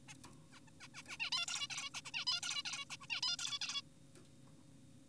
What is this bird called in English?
Zebra Finch